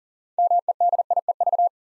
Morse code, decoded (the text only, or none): MEDIEV